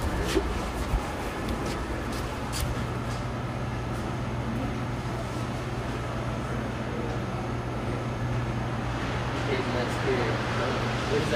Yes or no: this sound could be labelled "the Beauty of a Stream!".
no